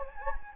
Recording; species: mosquito wingbeat signal from an infrared sensor; Anopheles gambiae